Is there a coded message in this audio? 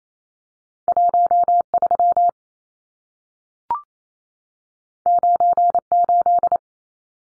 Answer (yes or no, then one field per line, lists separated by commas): yes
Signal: Morse code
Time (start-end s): 0.9-6.6 s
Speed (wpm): 28 wpm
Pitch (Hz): 700 Hz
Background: none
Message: 13 98